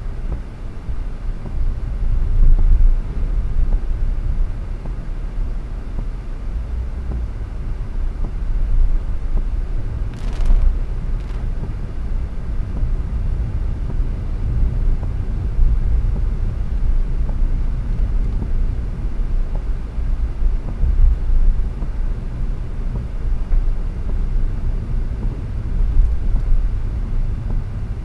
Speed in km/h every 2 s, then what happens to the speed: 37, 37, 36, 41, 45, 44, 47, 50, 51, 53, 51, 49, 42, 34.
0-5 steady at about 37. 5-19 speeds up to 53. 19-28 slows to 34.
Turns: none.